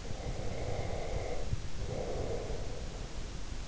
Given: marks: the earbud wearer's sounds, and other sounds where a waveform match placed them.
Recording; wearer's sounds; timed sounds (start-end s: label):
sounds in sleep by an in-ear microphone; breath
0.10-3.09 s: breath